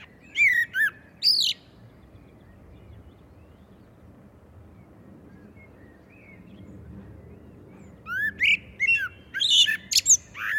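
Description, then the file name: Common blackbird song phrase of warbled fluty whistles with high squeaks. After a long quiet gap of about six seconds, a second, longer warbling phrase follows. "Turdus merula"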